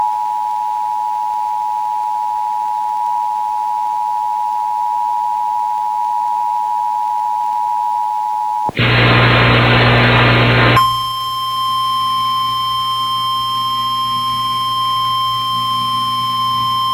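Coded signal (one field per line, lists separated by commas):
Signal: Emergency Alert System (SAME) tones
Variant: 853 and 960 Hz attention tone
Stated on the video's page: Required monthly tests for the Great Shakeout earthquake and tsunami drill, relayed by NOAA Weather Radio and FM stations, recorded from a weather radio, stereos and an online stream.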